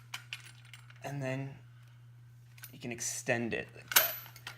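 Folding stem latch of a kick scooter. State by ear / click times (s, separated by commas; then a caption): seated / 4.0 s. The metal stem of a Fuzion Cityglide adult kick scooter is raised from folded to upright after the clamp lever is pulled up, with light metallic knocks along the way while someone talks. At 4.0 s the folding stem latch engages with a loud metallic clack, and the stem locks upright.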